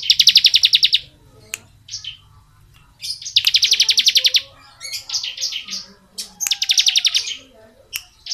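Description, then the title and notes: Bar-winged prinia: rapid pulsed buzzy trills alternating with scratchy chattering notes and sharp ticks. Bar-winged prinia song in the 'ngebren' style, used as training audio for oriental magpie-robins. "Ciblek Ngebren Untuk Masteran Murai Batu. Suara burung ciblek - Suara Nada"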